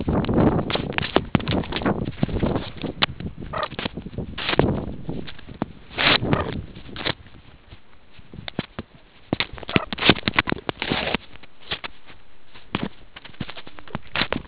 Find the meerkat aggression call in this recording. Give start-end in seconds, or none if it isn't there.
none